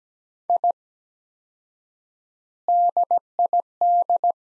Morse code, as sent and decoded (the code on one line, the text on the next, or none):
.. / -.. .. -..
I DID